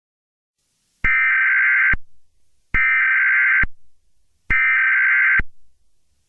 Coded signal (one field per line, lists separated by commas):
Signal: Emergency Alert System (SAME) tones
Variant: header bursts